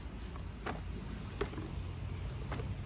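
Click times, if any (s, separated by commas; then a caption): none. An infant car seat is handled onto the frame adapter of a 2022 Bob Rambler stroller, producing a few short knocks and taps at about 0.4, 0.7, 1.4 and 2.5 seconds over a low background hum. The seat has not seated or clicked into place yet.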